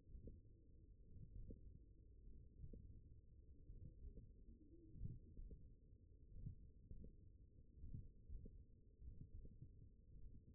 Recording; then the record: forearm muscle sounds (acoustic myography)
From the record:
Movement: hand opening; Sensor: system 1, eight BSWA MPA416 microphones around the upper forearm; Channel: 7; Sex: male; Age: 42 years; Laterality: right